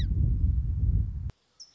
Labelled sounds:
Song Sparrow
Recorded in Sonoma County, California

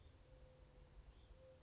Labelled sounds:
Mourning Dove
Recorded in Sonoma County, California

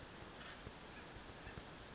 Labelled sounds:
Chestnut-backed Chickadee
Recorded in Sonoma County, California

